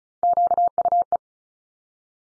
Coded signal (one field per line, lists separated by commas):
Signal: Morse code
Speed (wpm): 35 wpm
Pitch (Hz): 700 Hz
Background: none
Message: QUE